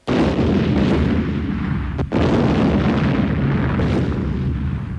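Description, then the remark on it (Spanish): A loud explosion of a stuffed toy bear, set off by pressing a hard object in its back, with a heavy, rumbling roar that fills several seconds, dropping out for a split second partway through before the dense boom resumes. No voices. “Apretó aquella cosa dura que su amigo tenía en la espalda, bajo el peluche, y se oyó una explosión.”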